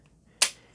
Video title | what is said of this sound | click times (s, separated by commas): FLEX 24V VS MILWAUKEE FUEL M12 OSCILLATING MULTI TOOL | And you basically clamp it down, right? It locks in place and you've got your tool. | 0.4 s